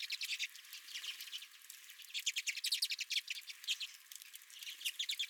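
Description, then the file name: Redpolls calling, quick overlapping high chips and buzzy notes in a continuous twittering flock chorus. Several redpolls at the recordist's feeder. "Redpolls at My Feeder"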